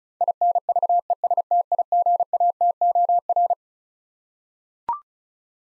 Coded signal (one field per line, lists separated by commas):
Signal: Morse code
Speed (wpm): 36 wpm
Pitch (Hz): 700 Hz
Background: none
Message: INVESTIGATOR